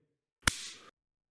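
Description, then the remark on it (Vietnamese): A single sharp, loud slap on the cheek, given to revive a nearly drowned woman, lands with a crisp crack, followed by a brief bright hiss that fades within half a second into silence. “Bị một cái tát mạnh vào má, cùng với những cái đẩy mạnh ở phần ngực,”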